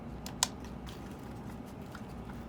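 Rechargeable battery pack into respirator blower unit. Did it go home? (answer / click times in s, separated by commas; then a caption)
yes / 0.4 s. A rechargeable battery pack is fitted onto a powered air-purifying respirator blower unit, snapping in the same way as the D-cell battery door. A faint tick at 0.3 s comes just before one sharp, loud snap at 0.4 s, and then a few soft ticks sound over low background noise. The pack is seated in place.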